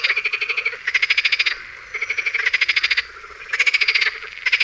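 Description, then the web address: Marsh frog calling: rapid pulsed, rattling bursts about a second long, repeated in quick succession with brief pauses. "Tajemnice puszczy Zaba smieszka"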